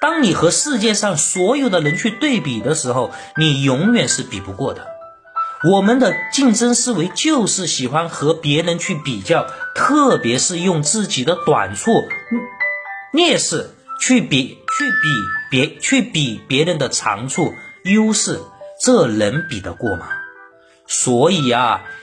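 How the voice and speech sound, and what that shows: An adult woman who stutters, herself a stuttering correction coach, speaks Mandarin in a steady monologue. She is mostly fluent, with a clear stumble where a short phrase is repeated three times before the sentence moves on. Several syllables are stretched and followed by brief pauses, a pattern of stuttering-type disfluency with difficulty starting words, getting stuck, and repetitions.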